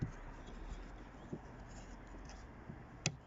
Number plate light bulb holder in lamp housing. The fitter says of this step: there we go into that click once hear that click just give it a pull and it pops